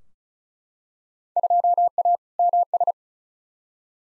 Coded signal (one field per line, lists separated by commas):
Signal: Morse code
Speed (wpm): 36 wpm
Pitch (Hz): 700 Hz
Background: none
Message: 2A MS